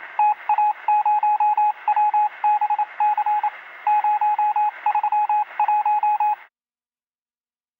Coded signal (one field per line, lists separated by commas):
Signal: Morse code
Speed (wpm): 27 wpm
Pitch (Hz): 840 Hz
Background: radio noise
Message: TA0WBC 031